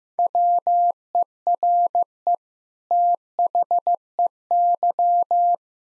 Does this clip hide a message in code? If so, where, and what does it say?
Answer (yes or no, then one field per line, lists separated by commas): yes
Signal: Morse code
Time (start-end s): 0.2-5.5 s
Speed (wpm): 15 wpm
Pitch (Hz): 700 Hz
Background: none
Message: WERE THEY